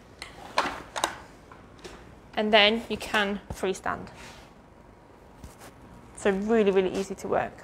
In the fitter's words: it will kind of all click into place